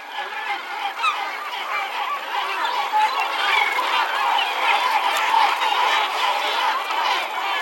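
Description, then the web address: Gull calls: a noisy chorus of many overlapping cries, quieter at first, then filling in to a steady clamour. "greenlandicbirds category gull"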